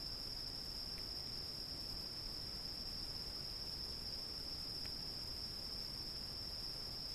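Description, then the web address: Cricket's high continuous trill, perfectly steady, over soft background hiss with two faint ticks. "сверчки"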